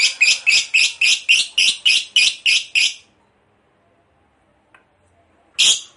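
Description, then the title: Lovebird chattering rapidly in harsh high notes for three seconds, a pause, then one more loud squawk. Long ngekek chatter, described as gacor (in full, frequent voice). "LOVEBIRD NGEKEK PANJANG GACOR BIKIN LATAH"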